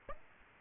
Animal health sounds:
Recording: mosquito wingbeat signal from an infrared sensor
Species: Aedes aegypti

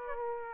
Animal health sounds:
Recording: mosquito wingbeat signal from an infrared sensor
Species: Aedes aegypti

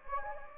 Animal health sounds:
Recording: mosquito wingbeat signal from an infrared sensor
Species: Anopheles gambiae

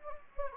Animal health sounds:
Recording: mosquito wingbeat signal from an infrared sensor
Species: Anopheles gambiae

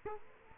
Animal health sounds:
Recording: mosquito wingbeat signal from an infrared sensor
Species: Culex quinquefasciatus

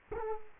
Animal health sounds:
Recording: mosquito wingbeat signal from an infrared sensor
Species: Culex quinquefasciatus

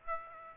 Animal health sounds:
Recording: mosquito wingbeat signal from an infrared sensor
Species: Aedes aegypti

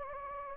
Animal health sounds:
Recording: mosquito wingbeat signal from an infrared sensor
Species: Anopheles gambiae

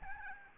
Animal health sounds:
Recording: mosquito wingbeat signal from an infrared sensor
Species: Aedes albopictus

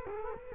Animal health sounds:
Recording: mosquito wingbeat signal from an infrared sensor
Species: Culex quinquefasciatus

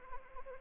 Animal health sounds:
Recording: mosquito wingbeat signal from an infrared sensor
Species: Anopheles arabiensis

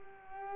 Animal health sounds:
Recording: mosquito wingbeat signal from an infrared sensor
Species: Culex pipiens

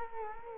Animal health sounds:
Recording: mosquito wingbeat signal from an infrared sensor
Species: Culex quinquefasciatus

